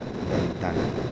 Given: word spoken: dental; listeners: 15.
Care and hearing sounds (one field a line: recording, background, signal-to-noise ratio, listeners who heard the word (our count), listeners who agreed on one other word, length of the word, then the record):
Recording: one Spanish word in noise, from a listening test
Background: noise modulated by three-talker babble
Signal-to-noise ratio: -3.8 dB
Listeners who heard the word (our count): 0 of 15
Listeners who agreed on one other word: 6 of 15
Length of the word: 0.72 s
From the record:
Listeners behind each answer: 6, 2, 1, 1, 1, 1, 1, 1, 1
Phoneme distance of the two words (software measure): 27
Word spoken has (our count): 2 syllables, 6 phonemes, stress on syllable 2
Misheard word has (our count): 3 syllables, 7 phonemes, stress on syllable 2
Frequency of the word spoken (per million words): 2.58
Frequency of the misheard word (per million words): 59.36